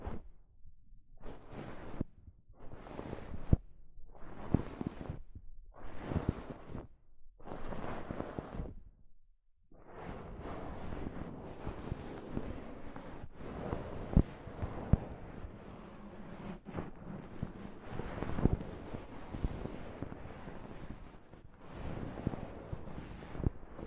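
Soft fabric brushes across a microphone in rhythmic rustling strokes for ten seconds, then becomes a continuous, denser scraping rumble with brief bursts.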